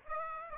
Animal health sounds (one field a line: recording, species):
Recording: mosquito wingbeat signal from an infrared sensor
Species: Aedes aegypti